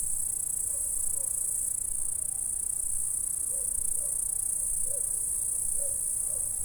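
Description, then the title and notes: Dense, continuous high insect stridulation, with several faint short low notes in the background. "Saint-François-de-Sales, France - insectes. Stridulations dans la prairie. Enregistreur ZoomH4"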